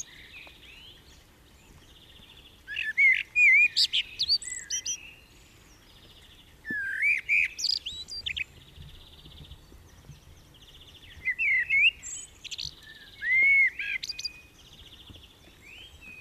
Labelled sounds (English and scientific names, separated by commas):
Common Blackbird (Turdus merula) song